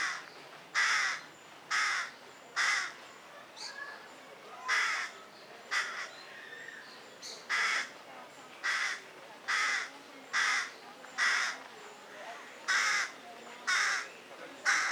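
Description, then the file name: Carrion crow giving harsh, hoarse caws, repeated roughly once a second in an uneven series, with light background hiss. "Corvus corone"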